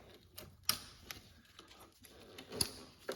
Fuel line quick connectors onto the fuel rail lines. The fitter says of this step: clip these in. You'll hear them click.